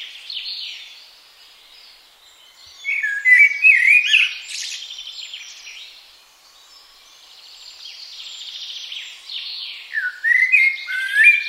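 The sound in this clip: Blackbird song: two loud phrases several seconds apart, each of fluty warbled notes mixed with high scratchy twitters, with softer twittering between.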